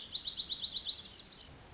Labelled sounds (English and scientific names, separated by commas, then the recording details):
Lazuli Bunting (Passerina amoena)
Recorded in Sonoma County, California